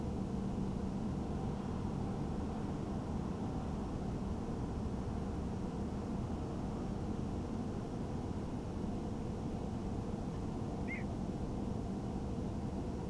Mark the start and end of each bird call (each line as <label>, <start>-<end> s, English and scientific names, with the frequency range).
Little Bittern (Ixobrychus minutus) (1.7-3.0 kHz), 10.87-11.04 s